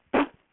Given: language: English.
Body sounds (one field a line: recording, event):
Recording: throat vibration sensor signal played as sound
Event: cough